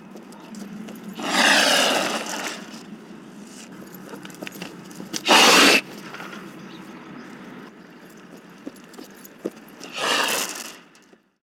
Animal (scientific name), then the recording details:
Casuarius casuarius. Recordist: Tembrock, Günter. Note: Aggressionslaute